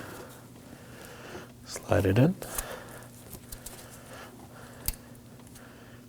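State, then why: Seated. Someone talks while an electrical wiring harness connector is slid onto a new intake camshaft position sensor on a 2018–2024 Chevrolet Equinox 1.5L L4 and pushed home. A sharp click at 4.9 s marks the connector latching, seated on the sensor, with the red locking tab to be pushed down afterward.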